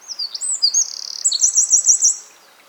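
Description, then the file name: Eurasian wren song: a loud, rapid high-pitched outpouring of sharp notes and a fast trill, ending in a string of repeated ringing notes. "Troglodytes troglodytes"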